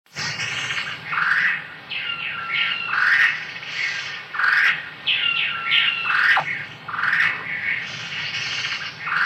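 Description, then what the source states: Bird: harsh squawks and chattering whistles overlap continuously, swelling in bursts, with a constant low rumble underneath. Calls of red-headed birds.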